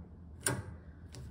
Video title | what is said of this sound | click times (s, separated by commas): Bunch Bikes' Original 3.0 - WATCH before you buy! | parking brake can easily be engaged from the handlebars and securely locks into place | 0.5 s